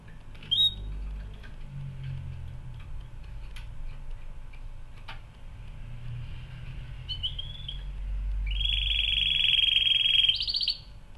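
Canary giving a lone high chirp and a brief warble, then a long, steady trill held for about two seconds before a final higher note.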